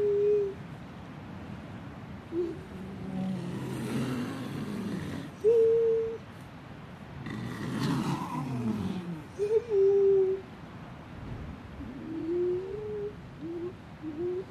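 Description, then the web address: Grey seal wails: short, mournful tonal moans at intervals, some rising and falling, over steady rushing noise with two louder surges like breaking waves. "gray seal"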